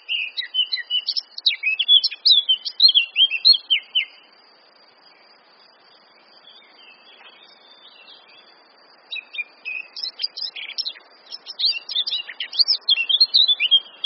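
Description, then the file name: Eurasian blackcap song: two bursts of rapid, varied warbling with fluty high notes, the first lasting about four seconds, then a quiet pause before the second phrase. "Sylvia atricapilla"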